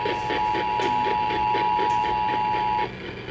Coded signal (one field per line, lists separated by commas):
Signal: Emergency Alert System (SAME) tones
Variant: 853 and 960 Hz attention tone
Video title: FFW on 11 stations (8/10/22) EAS 1463-1474 part 2